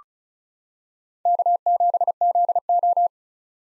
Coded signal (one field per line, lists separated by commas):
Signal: Morse code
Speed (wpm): 34 wpm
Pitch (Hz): 700 Hz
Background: none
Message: K7ZO